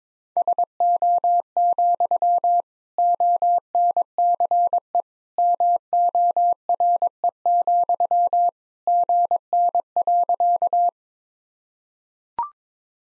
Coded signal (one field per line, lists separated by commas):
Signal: Morse code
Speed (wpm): 21 wpm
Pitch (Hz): 700 Hz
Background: none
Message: SO, ONCE MORE, GN.